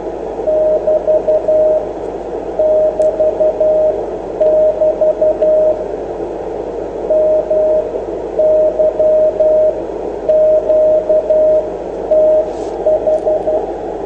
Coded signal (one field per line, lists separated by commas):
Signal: Morse code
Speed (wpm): 12 wpm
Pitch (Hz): 620 Hz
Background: none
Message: <BT> <BT> <BT> MY QTH